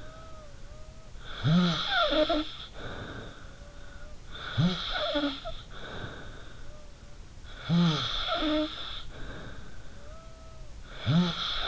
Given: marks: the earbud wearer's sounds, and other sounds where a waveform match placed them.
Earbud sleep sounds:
sounds in sleep by an in-ear microphone; snoring breath
0.00-11.68 s: snoring breath

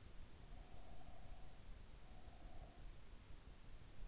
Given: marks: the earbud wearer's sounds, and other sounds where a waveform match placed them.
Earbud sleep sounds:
sounds in sleep by an in-ear microphone; breath
0.39-3.35 s: breath

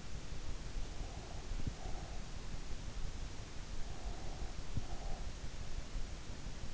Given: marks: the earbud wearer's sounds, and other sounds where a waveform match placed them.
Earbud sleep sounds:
sounds in sleep by an in-ear microphone; breath
0.88-2.43 s: breath
3.92-5.73 s: breath

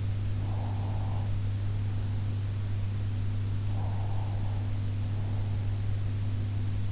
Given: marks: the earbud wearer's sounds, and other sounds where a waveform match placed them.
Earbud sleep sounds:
sounds in sleep by an in-ear microphone; breath
0.33-2.34 s: breath
3.71-5.84 s: breath

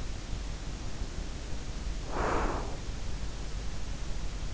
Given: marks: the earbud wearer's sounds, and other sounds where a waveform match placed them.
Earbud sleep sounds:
sounds in sleep by an in-ear microphone; breath
0.67-2.88 s: breath

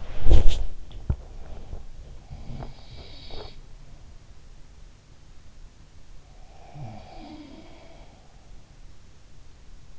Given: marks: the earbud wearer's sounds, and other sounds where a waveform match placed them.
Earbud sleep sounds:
sounds in sleep by an in-ear microphone; body movement, teeth grinding
0.00-3.81 s: body movement
2.49-3.54 s: teeth grinding
6.33-7.88 s: sound from someone else or the room

